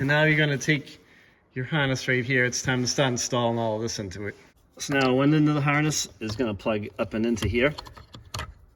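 Someone talks while handling a remote starter wiring harness for a 2017–2019 Kia Sportage key-start model, bringing its plug up toward the vehicle's mating connector under the dash. A couple of faint sharp handling ticks come near the end, but the harness connector has not seated or clicked into place yet.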